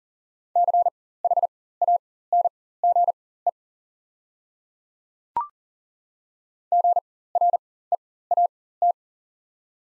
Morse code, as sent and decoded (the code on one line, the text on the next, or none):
-.-. .... .- -. --. . / --. .-. . .- -
CHANGE GREAT